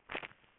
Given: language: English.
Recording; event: throat vibration sensor signal played as sound; swallow